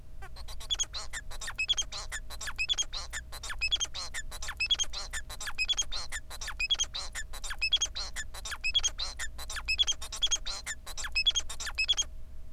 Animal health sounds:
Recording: song of a male Bengalese finch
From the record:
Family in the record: son of father 4

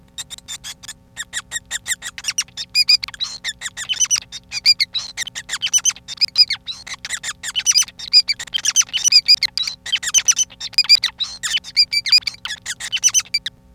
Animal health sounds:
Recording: song of a male Bengalese finch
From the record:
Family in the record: son of father 5

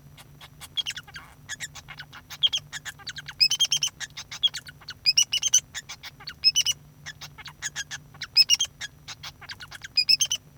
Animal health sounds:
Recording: song of a male Bengalese finch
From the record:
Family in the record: son of father 2

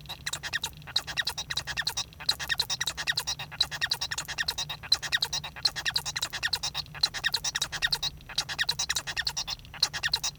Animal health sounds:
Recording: song of a male Bengalese finch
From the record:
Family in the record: son of father 1

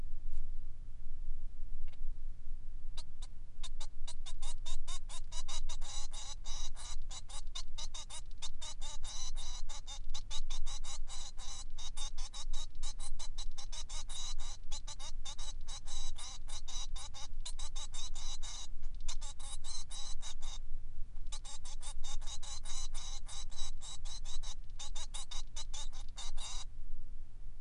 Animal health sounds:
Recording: song of a male Bengalese finch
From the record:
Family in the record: son of father 3

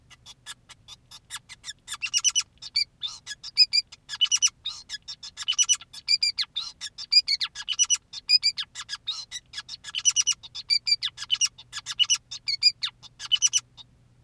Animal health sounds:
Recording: song of a male Bengalese finch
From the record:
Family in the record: son of father 2, and himself father 5

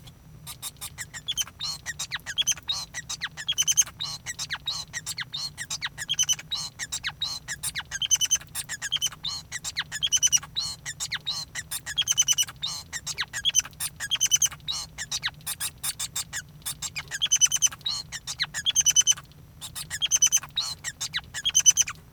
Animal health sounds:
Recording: song of a male Bengalese finch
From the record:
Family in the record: son of father 5

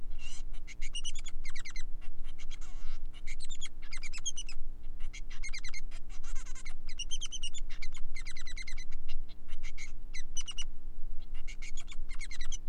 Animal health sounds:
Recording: song of a male Bengalese finch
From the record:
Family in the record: son of father 3

